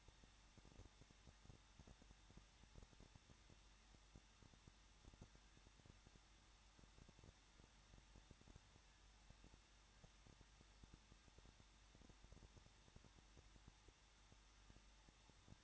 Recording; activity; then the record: daily activity, microphone in the room; no activity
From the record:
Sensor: 3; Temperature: 21.2 degrees Celsius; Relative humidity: 36.3%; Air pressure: 1006.3 hPa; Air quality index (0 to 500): 222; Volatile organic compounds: 41 ppm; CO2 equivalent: 3167 ppm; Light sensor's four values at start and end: 2/3/2/2 and 2/3/2/2